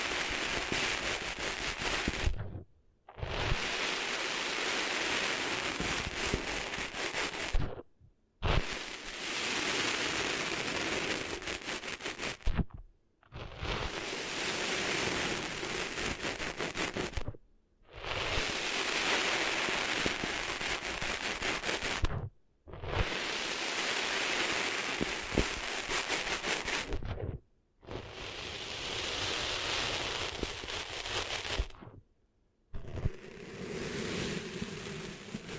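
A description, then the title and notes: Sand being cleaned out of ears comes through as a loud, dense crackling rustle, like grains scraping and popping. It arrives in steady bursts of about four seconds, separated by brief silences that often begin or end with a sharp click, repeating roughly seven times. ASMR Cleaning Sand Out of Your Ears (No Talking).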